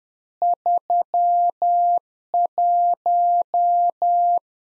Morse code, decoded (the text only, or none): 31